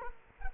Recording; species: mosquito wingbeat signal from an infrared sensor; Culex quinquefasciatus